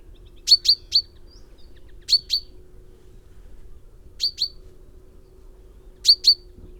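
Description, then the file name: Common Chaffinch giving sharp, high call notes in quick pairs or triplets, repeated every two seconds or so over a faint steady low hum. "Fringilla coelebs"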